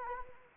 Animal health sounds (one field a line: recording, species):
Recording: mosquito wingbeat signal from an infrared sensor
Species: Anopheles arabiensis